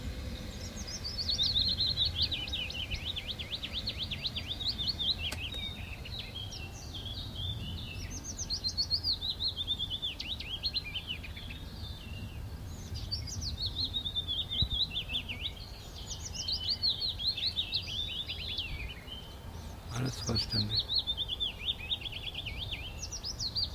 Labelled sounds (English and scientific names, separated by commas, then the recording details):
Willow Warbler (Phylloscopus trochilus)
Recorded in the wild
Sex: male
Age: adult
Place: Brackenheim, OT Stockheim, Baden-Württemberg, DE
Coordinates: 49.0883, 9.00917
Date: 1969-06-23 16:00
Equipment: Nagra III PH, MD 211, PES 26
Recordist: Jeserich, E. and Schneider, H.-J
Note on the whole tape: Burg Stockheim bei Besigheim (gemeint ist vermutlich Schloß Stocksberg in Stockheim). Phylloscopus trochilus trochilus "sylvestris". Auch Aufnahmen vom 30. Juni um 4:20 Uhr. 1.Aufn.: Ein Triller im Flug (Aufn.-Qualität leidlich gut.). 2. Aufn.: Gew. Gesang des gleichen Männchens. Sonagramm